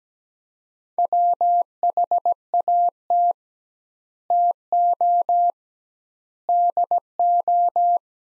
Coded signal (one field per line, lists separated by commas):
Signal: Morse code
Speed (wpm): 17 wpm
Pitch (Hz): 700 Hz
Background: none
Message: WHAT TO DO